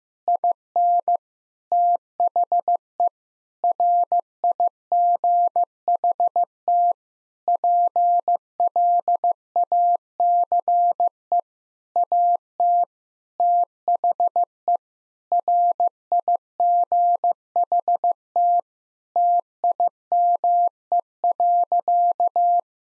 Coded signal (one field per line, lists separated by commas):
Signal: Morse code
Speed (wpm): 15 wpm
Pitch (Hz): 700 Hz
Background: none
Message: IN THE RIGHT PLACE AT THE RIGHT TIME.